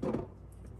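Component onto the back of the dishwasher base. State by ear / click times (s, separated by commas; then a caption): not seated / none. A component is handled onto the back of a Bosch dishwasher base during an E15 error code fix, after the filter has been dropped in place and before the part is anchored down. A muffled, low rumbling handling noise fills the first quarter second, then fades to a quiet background with a faint, brief high hiss around 0.5 s. Nothing has seated or clicked yet.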